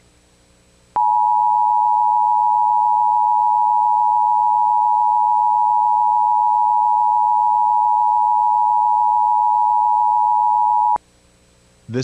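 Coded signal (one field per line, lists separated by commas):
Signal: Emergency Alert System (SAME) tones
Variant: 853 and 960 Hz attention tone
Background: speech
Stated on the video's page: Fictional EAS scenario for a Showbiz Pizza story.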